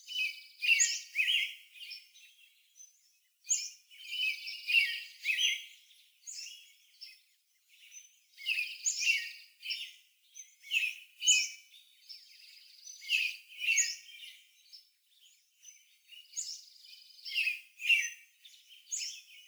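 Birdsong fills the clip, a single bird or a few repeating bright, high, twittering phrases in short bursts every couple of seconds. The phrases stay fairly clear, separated by brief pauses, over a quiet, soft outdoor background.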